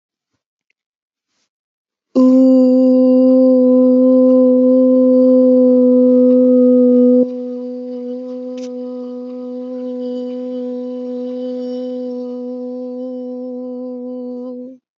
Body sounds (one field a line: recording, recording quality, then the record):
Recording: sustained vowel as in boot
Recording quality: excellent, no background noise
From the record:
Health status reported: healthy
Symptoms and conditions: none ticked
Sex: female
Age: 21 years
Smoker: not ticked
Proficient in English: yes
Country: India